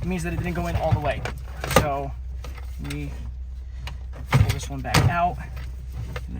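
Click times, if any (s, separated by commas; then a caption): 6.2 s. Someone talks while pulling a fuel line quick-connector back out, repositioning it and pushing it onto the outlet fitting of a new EQT brushless in-tank low-pressure fuel pump on an A3, S3 or Golf R, with a few handling knocks around 3.9 and 4.3 seconds. A single sharp click at 6.2 seconds confirms the connector is fully seated on the pump.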